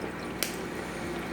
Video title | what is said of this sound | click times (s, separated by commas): Upgrading my 10 Gallon Nano Sponge Filters! Part 3 🐟 | and you heard the little click | 0.4 s